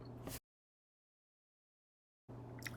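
A wedge-base turn signal bulb for a 2018–2023 Honda Odyssey is pressed by hand into its plastic socket plug. Low background noise with a steady low hum drops to complete silence from about 0.4 s to 2.3 s, then returns. A sharp, short click at 2.7 s marks the bulb seating in the socket.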